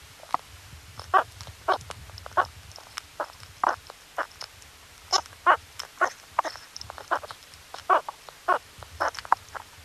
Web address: meerkat